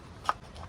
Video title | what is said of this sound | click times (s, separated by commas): Secret that will make your DIESEL Truck run FOREVER! - 6.4 fuel filter change | set it in there, and you push until it clicks. | 0.3 s